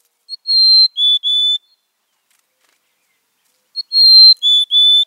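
Mountain chickadee whistled song: a clear high note followed by two slightly lower whistles, the phrase given twice with a pause between.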